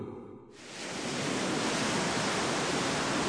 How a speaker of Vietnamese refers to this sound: Hôm ấy trời thật bình yên và trong trèo, sóng ảo ạt tràn vào bờ cát trắng phẳng lì.